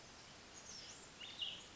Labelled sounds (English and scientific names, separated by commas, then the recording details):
Cassin's Vireo (Vireo cassinii)
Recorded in Sonoma County, California